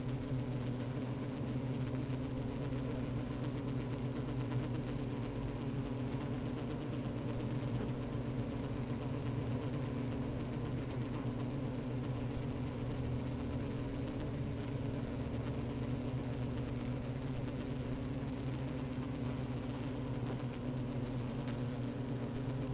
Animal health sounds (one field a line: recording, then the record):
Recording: honeybee colony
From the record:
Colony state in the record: active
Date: 28 July 2017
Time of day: 15:40